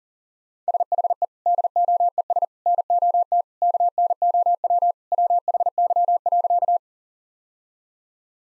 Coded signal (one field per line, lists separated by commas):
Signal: Morse code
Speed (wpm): 40 wpm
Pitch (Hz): 700 Hz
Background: none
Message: SHE DOES NOT KNOW WHY.